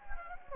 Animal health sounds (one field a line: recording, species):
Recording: mosquito wingbeat signal from an infrared sensor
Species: Anopheles gambiae